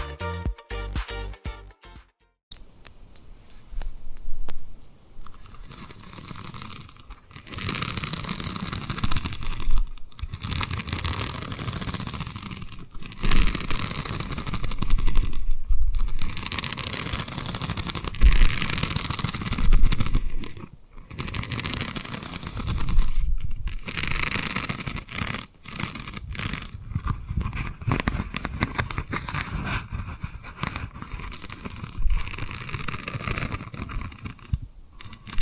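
Tapping and rubbing on rhinestones, with a dense, scratchy rubbing texture that runs almost continuously from about four seconds on. Brief gaps break it every few seconds, and quick ticking taps open the clip in its first couple of seconds.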